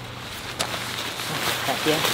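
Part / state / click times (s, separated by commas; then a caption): tent body clip onto tent pole / seated / 0.6 s. While a tunnel tent is pitched alone, the reverse side of the tent body is clipped onto the tent pole frame, and a single sharp click at 0.6 s shows the clip seating on the pole. Someone talks before and after the click over a steady low background hiss.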